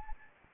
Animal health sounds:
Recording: mosquito wingbeat signal from an infrared sensor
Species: Anopheles arabiensis

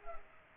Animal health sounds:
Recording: mosquito wingbeat signal from an infrared sensor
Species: Culex pipiens

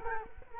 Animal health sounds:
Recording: mosquito wingbeat signal from an infrared sensor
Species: Culex quinquefasciatus

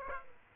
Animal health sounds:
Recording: mosquito wingbeat signal from an infrared sensor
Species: Aedes aegypti

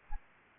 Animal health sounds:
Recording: mosquito wingbeat signal from an infrared sensor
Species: Aedes aegypti

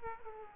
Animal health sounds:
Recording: mosquito wingbeat signal from an infrared sensor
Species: Aedes aegypti

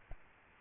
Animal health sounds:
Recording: mosquito wingbeat signal from an infrared sensor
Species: Aedes albopictus

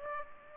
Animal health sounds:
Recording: mosquito wingbeat signal from an infrared sensor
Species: Aedes aegypti

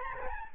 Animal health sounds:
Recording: mosquito wingbeat signal from an infrared sensor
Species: Aedes albopictus

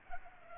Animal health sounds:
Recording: mosquito wingbeat signal from an infrared sensor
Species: Culex pipiens

